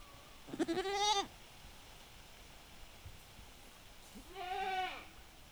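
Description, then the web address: Goat giving two quavering, harmonic bleats a few seconds apart over a steady windy background. Domestic goat in a farmyard, with bleats exchanged back and forth in the wind. "allathangok parasztudvar hazikecske kecske parbeszedaszelben"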